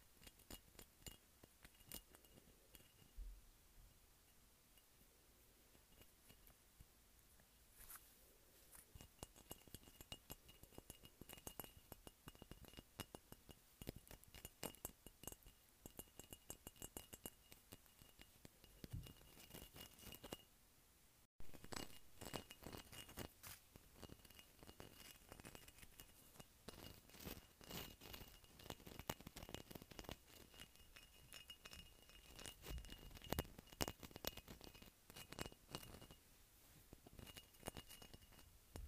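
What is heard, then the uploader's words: Fingertips tap on bumpy glass in a quick, uneven patter of many small clicks and clinks running through the whole recording. A faint thin tone hums steadily underneath. There is a brief cut near 21 seconds, after which the tapping grows slightly louder and denser. ASMR Tapping Bumpy Glass.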